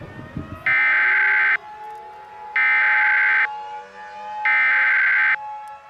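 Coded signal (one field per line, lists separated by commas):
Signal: Emergency Alert System (SAME) tones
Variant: header bursts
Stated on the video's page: Fictional global wildfire scenario using valid EAS tones.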